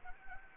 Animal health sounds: mosquito wingbeat signal from an infrared sensor; Anopheles arabiensis

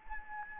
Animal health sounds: mosquito wingbeat signal from an infrared sensor; Anopheles gambiae

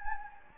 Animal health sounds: mosquito wingbeat signal from an infrared sensor; Anopheles gambiae

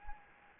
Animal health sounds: mosquito wingbeat signal from an infrared sensor; Anopheles gambiae

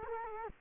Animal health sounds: mosquito wingbeat signal from an infrared sensor; Culex quinquefasciatus

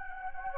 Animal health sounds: mosquito wingbeat signal from an infrared sensor; Anopheles gambiae

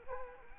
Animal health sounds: mosquito wingbeat signal from an infrared sensor; Culex quinquefasciatus

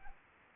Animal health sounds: mosquito wingbeat signal from an infrared sensor; Anopheles arabiensis

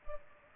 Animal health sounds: mosquito wingbeat signal from an infrared sensor; Culex pipiens

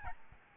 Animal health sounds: mosquito wingbeat signal from an infrared sensor; Aedes albopictus

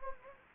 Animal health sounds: mosquito wingbeat signal from an infrared sensor; Anopheles gambiae

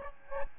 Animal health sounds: mosquito wingbeat signal from an infrared sensor; Aedes albopictus

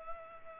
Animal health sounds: mosquito wingbeat signal from an infrared sensor; Culex pipiens

